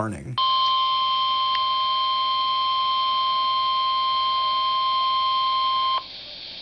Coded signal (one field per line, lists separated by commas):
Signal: Emergency Alert System (SAME) tones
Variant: 1050 Hz attention tone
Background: speech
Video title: Emergency Alert System (continued) - LIAMS RANDOM INTROSPECTIVES